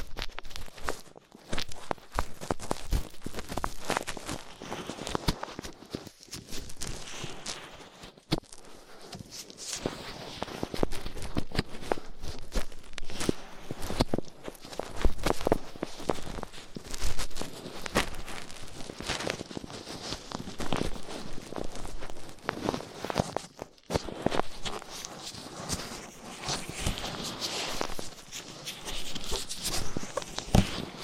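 Ear cleaning with latex gloves, a dental pick and cotton swabs: dense, continuous rubbing, scraping and crackling with frequent sharp taps throughout.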